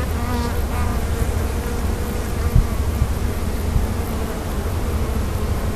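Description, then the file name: Bee buzzing, a steady low droning hum with faint harmonic tones that shift slightly in pitch, continuous throughout. "abeilles"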